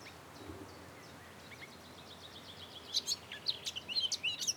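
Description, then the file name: Eurasian blackcap song: a faint, even trill of repeated notes, then a louder quick phrase of varied warbled and whistled notes. "Sylvia atricapilla"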